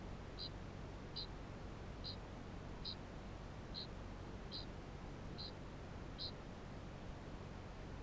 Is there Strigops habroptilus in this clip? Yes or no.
yes